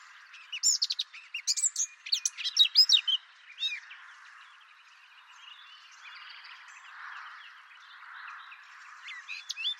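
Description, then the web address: Bird chirps arrive in a quick, high flurry over the first few seconds. A soft hiss and a few faint calls follow, then one last short chirp. "cianscape birddata Deverinetal 2025 Bird"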